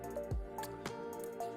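A spring bar on the end of a watch bracelet is pushed in and fed into the clasp, clicking into one of its adjustment holes at 0.9 s over steady background music. A few other soft ticks and squishes are heard around it, and the spring bar ends up seated in the clasp.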